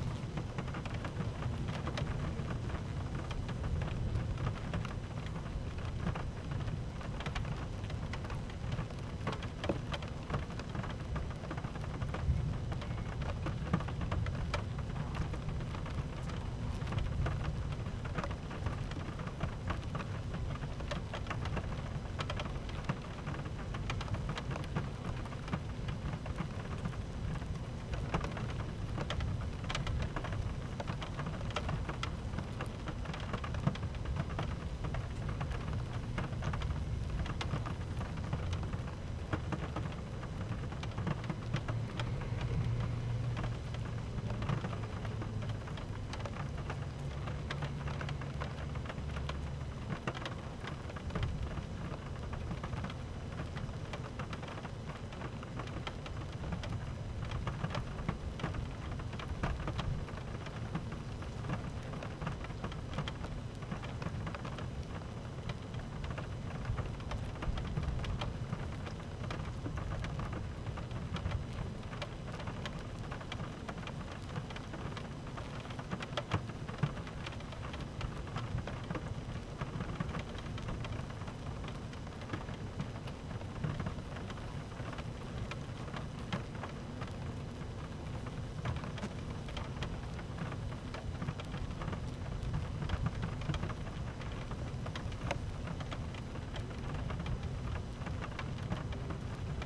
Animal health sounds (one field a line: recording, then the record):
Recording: honeybee colony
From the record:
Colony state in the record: active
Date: 12 June 2018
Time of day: 13:01